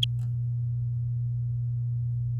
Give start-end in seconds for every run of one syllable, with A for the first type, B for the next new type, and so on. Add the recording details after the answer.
0.02-0.04 A. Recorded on 8 May 2018 at 08:03. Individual llb16